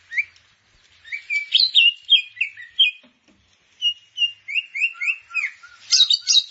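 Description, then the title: Grey-cheeked bulbul singing scratchy chattering phrases, a brief silence near three seconds, then clear downslurred whistles ending in a quick high twittering burst. "Kicau Burung Cucak Jenggot"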